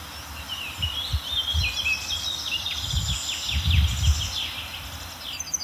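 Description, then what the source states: Garden Warbler song, a continuous, hurried, mellow warbling stream of varied phrases, with low rumbling background noise. Sings relatively briefly; played as the closing example.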